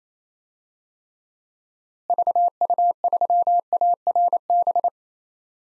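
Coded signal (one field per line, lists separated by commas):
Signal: Morse code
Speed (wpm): 28 wpm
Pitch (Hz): 700 Hz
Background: none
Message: VU3ARB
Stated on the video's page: Morse practice at 28 wpm: 6-character DXCC call signs outside the USA, each sent twice, then spoken, then sent again.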